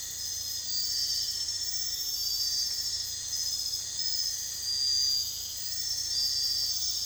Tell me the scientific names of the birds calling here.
none